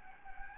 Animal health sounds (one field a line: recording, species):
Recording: mosquito wingbeat signal from an infrared sensor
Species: Anopheles gambiae